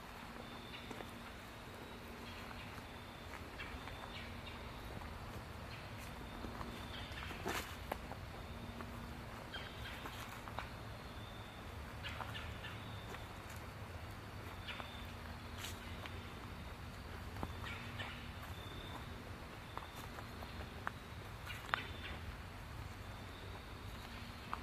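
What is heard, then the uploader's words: An outdoor walk in fall, with a steady low rumble like passing traffic running under the whole stretch. Scattered clicks and short sharp snaps come through, a louder crack near eight seconds, and faint high chirps sound now and then. Nature Walkabout in Fall.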